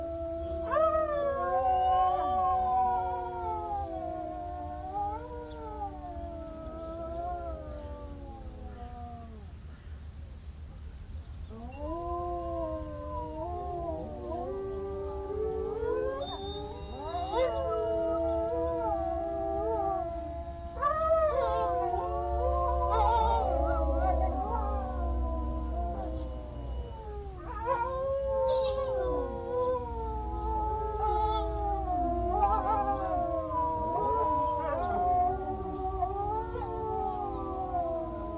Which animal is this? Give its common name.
Gray Wolf